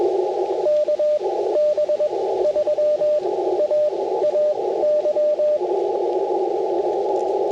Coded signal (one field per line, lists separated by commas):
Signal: Morse code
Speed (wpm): 20 wpm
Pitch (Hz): 600 Hz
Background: radio noise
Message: KB3AAY